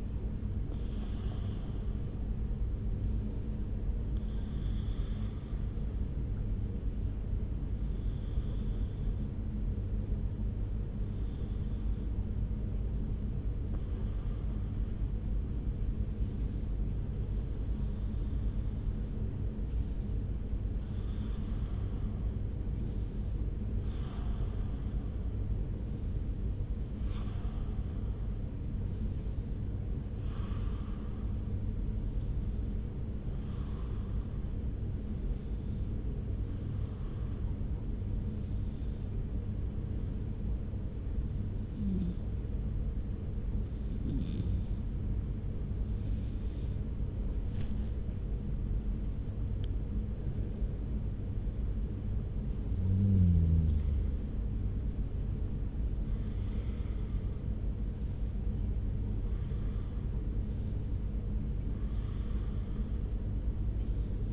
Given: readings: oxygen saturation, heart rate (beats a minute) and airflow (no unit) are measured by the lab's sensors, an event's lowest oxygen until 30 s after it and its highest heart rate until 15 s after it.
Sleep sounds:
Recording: breathing in sleep by a smartphone at the bedside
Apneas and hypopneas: 1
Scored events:
12.00-48.70 s: hypopnea (N2, oxygen 96% highest, then 93% lowest)
From the record:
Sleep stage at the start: N2 (light sleep)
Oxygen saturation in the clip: 92 to 96%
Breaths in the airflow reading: 18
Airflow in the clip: -1.4 to 2.1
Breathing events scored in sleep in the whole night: 335 in 6.7 hours asleep

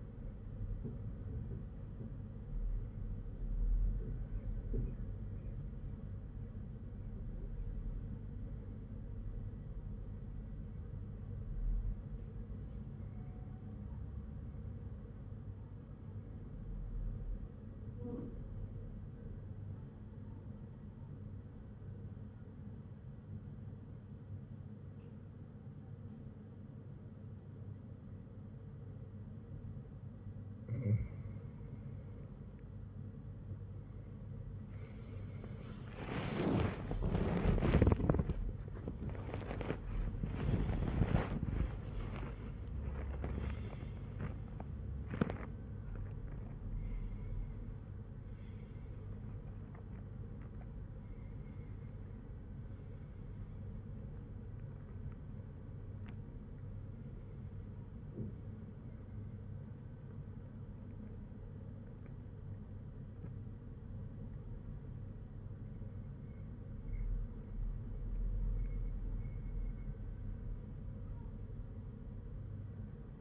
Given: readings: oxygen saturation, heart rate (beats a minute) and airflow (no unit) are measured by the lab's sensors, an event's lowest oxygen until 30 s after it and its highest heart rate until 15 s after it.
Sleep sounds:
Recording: breathing in sleep by a smartphone at the bedside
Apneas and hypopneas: 1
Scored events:
17.00-34.80 s: hypopnea (REM, oxygen 96% highest, then 92% lowest, heart rate 56 at the start, 91 highest)
42.00-73.21 s: new sleep stage, N1 (lightest sleep)
From the record:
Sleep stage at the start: REM sleep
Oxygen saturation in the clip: 92 to 97%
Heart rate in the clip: 54 to 93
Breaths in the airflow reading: 14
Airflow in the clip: -14.7 to 16.2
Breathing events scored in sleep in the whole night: 182 in 7.4 hours asleep

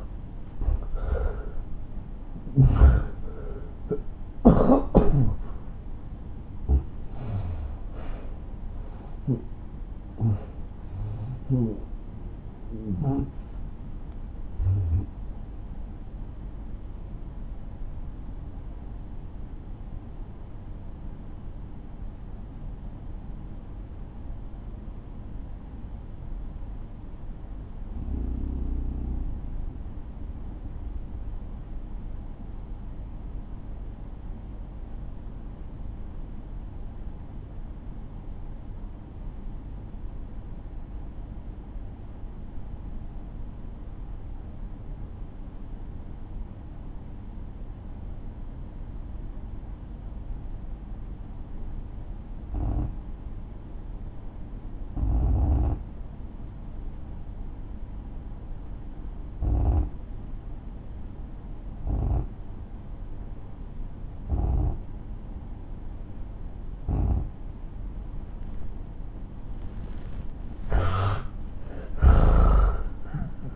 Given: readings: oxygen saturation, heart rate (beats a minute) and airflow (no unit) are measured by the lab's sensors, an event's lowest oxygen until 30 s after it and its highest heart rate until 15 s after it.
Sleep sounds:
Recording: breathing in sleep by a smartphone at the bedside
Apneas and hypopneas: 1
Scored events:
5.00-66.90 s: obstructive apnea (N1, oxygen 95% highest, then 81% lowest)
13.00-73.55 s: new sleep stage, N2 (light sleep)
From the record:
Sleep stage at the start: N1 (lightest sleep)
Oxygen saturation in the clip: 75 to 95%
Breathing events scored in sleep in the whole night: 217 in 6.3 hours asleep

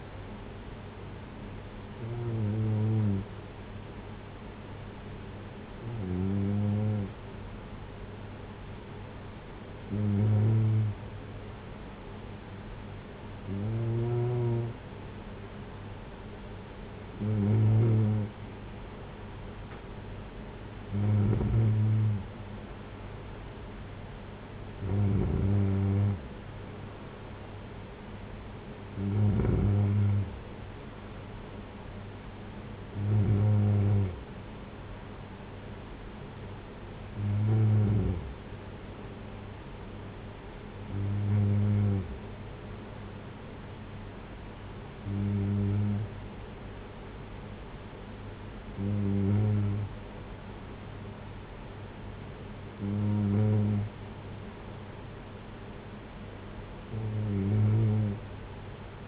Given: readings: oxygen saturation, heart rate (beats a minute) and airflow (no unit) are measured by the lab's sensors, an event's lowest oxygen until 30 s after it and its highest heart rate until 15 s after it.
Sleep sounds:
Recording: breathing in sleep by a voice recorder at the bedside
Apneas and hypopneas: none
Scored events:
none scored
From the record:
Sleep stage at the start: N3 (deep sleep)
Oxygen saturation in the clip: 93 to 94%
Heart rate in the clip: 56 to 61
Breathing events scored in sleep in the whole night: 226 in 8.8 hours asleep

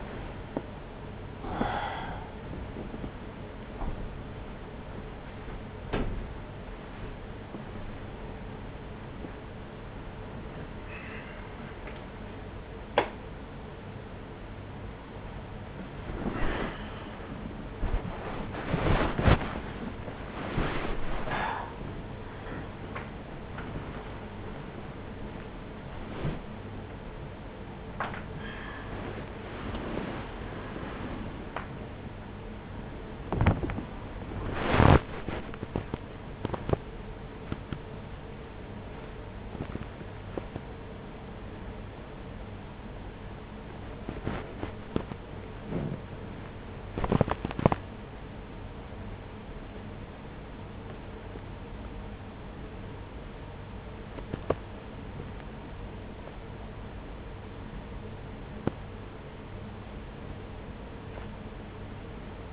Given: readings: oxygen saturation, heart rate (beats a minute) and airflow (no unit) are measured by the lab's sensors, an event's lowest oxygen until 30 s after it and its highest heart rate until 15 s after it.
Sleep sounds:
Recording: a person awake in a sleep study, by a voice recorder at the bedside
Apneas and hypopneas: none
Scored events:
0.00-62.53 s: awake
0.00-62.53 s: awake
From the record:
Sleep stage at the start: awake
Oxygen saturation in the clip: 97 to 98%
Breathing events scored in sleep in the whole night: 210 in 6.9 hours asleep

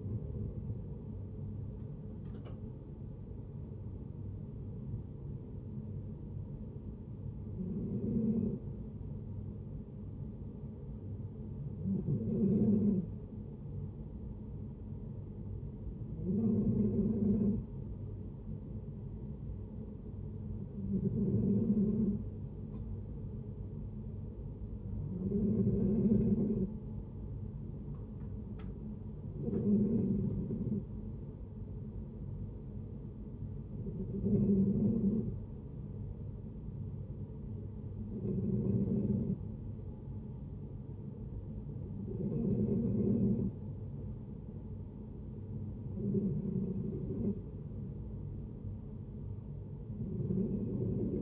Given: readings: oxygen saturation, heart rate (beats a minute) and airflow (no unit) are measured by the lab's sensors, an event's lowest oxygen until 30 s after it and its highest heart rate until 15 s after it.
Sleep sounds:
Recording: breathing in sleep by a smartphone at the bedside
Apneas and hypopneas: 1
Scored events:
11.00-41.00 s: hypopnea (N1, oxygen 93% highest, then 90% lowest)
30.00-51.22 s: new sleep stage, N2 (light sleep)
From the record:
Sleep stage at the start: N1 (lightest sleep)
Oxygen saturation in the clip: 91 to 93%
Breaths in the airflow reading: 11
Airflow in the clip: -7.0 to 5.1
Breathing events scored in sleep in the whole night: 496 in 5.4 hours asleep

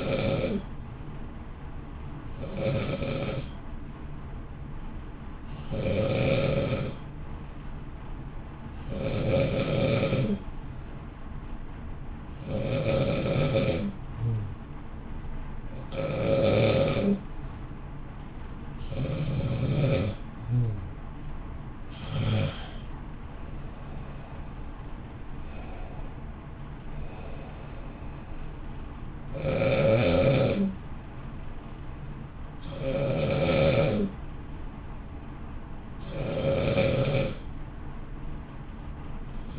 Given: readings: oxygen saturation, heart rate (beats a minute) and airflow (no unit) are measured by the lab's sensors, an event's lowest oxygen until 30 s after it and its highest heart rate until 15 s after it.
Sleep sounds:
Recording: breathing in sleep by a smartphone at the bedside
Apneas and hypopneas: 1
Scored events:
11.00-28.30 s: hypopnea (N1, oxygen 93% highest, then 92% lowest, heart rate 56 at the start, 61 highest)
22.00-39.58 s: new sleep stage, N2 (light sleep)
From the record:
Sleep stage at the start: N1 (lightest sleep)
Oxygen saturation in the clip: 91 to 93%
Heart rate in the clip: 55 to 61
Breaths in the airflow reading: 17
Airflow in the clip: -0.7 to 0.8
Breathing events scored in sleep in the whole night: 328 in 6.3 hours asleep

